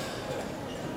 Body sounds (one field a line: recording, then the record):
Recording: coughing mixed with background sound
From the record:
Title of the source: Cough Around the Clock!